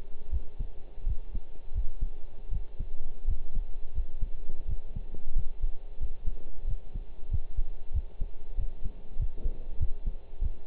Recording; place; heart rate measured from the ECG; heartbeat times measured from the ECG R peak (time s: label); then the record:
heart sounds by stethoscope; between the tricuspid and mitral areas; 89 bpm
0.32 s: heartbeat
1.06 s: heartbeat
1.75 s: heartbeat
2.51 s: heartbeat
3.27 s: heartbeat
3.95 s: heartbeat
4.68 s: heartbeat
5.36 s: heartbeat
6.00 s: heartbeat
6.67 s: heartbeat
7.31 s: heartbeat
7.94 s: heartbeat
8.57 s: heartbeat
9.19 s: heartbeat
9.80 s: heartbeat
10.41 s: heartbeat
From the record:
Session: pedaling a stationary bicycle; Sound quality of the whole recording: partially saturated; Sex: male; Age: 23 years